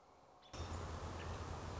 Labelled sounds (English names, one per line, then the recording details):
American Robin
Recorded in Sonoma County, California